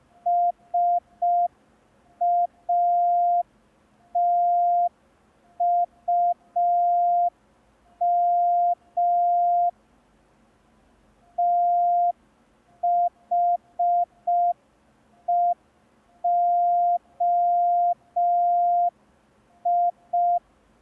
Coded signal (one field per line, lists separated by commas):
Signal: Morse code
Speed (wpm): 5 wpm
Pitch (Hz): 700 Hz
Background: none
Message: SATUM THEOI